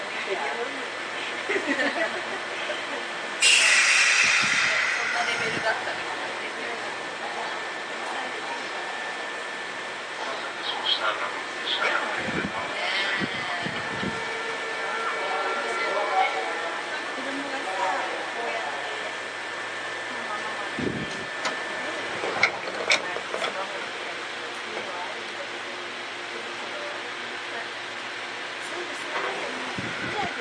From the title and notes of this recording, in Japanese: 相鉄7000系 横浜ー大和。車体アルミ製20m長の車体。